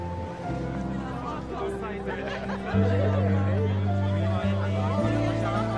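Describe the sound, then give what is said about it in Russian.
A boat chugs along a river, its steady low engine drone shifting pitch slightly partway through, while a crowd chatters and laughs over it. “плывет по реке.”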